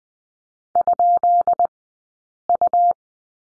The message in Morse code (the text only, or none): ?U